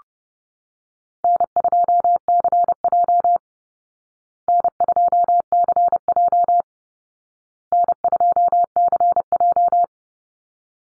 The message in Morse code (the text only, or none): N2CJ N2CJ N2CJ